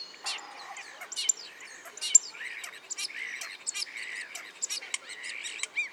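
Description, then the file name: Common starling song, a steady mix of buzzy warbling, clicks and thin high whistles throughout. "Spreeuw"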